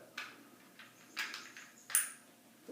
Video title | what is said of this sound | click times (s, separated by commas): Merchant Services Terminal Tutorial | here click just | 1.9 s